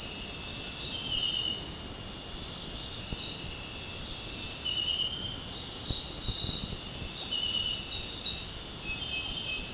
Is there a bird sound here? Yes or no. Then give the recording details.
no. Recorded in dense forest near Puerto Asís, Putumayo, Colombia, on 12 March 2025 at 22:30. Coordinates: 0.467, -76.328. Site G041